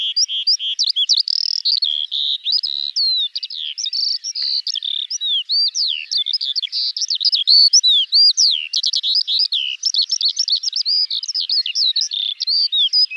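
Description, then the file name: Eurasian skylark singing a long, fast warble of thin whistles, slurred chirps and quick trills, high-pitched and continuous throughout. "Alouette des champs"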